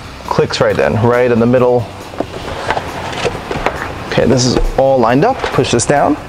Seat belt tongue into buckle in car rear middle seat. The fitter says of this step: find that middle seat belt and I'm going to click it in clicks